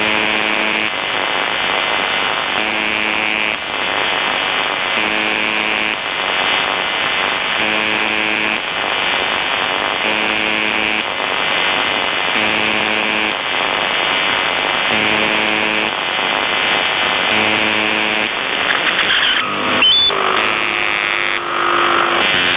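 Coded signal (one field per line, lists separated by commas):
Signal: channel marker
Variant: UVB-76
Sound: harsh low buzzes about 1 s long, repeating every 2.5 s, brief stepped tones near end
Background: radio static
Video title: UVB-76/The Buzzer Voice Message - June 2, 2023 09:48 UTC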